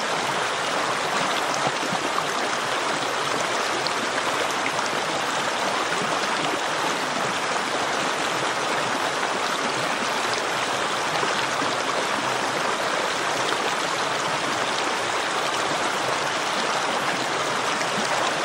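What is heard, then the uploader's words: A river murmurs steadily, its dense rushing and gurgling holding an even level from start to finish. The water sounds full, strongest in the middle and upper range, with soft fluttering detail but no distinct events or other sounds. The murmuring river | The sound of the river.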